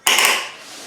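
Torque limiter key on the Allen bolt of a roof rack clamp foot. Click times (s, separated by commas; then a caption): 0.1 s. A torque limiter key tightens the Allen bolt in the foot pack of a Thule Evo Clamp roof rack with WingBar Evo crossbars on a 2018-2024 Audi A5 Sportback. The tool gives a sharp, bright click at 0.1 s that rings and fades over about half a second, showing the rack is torqued to the correct tension.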